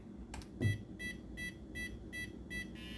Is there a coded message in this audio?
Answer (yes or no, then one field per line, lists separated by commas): no